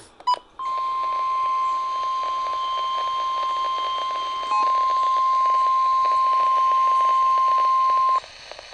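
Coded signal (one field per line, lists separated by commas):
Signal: Emergency Alert System (SAME) tones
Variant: 1050 Hz attention tone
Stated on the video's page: Special marine warning received on a Midland WR-100 weather radio, with a Radioshack 12-382 sounding in the background.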